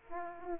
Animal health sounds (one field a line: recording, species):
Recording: mosquito wingbeat signal from an infrared sensor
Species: Aedes aegypti